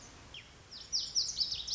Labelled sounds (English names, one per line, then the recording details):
Lazuli Bunting
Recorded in Sonoma County, California